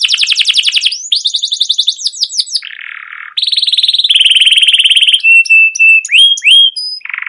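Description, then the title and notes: Canary singing varied phrases: rapid trills, low buzzy rattles, steady whistled notes and short rising chirps in quick succession. Long continuous chirping canary song, used as a lure to get young canaries singing. "CUIT CUIT NGEROL LANGSUNG GACOR PANJANG Kenari Ini utk Pancingan KENARI PAUD BELAJAR BUNYI. burung kenari"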